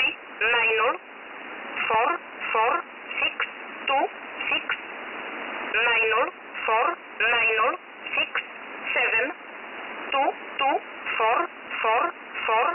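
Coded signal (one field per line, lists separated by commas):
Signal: numbers station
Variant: E11 Oblique, English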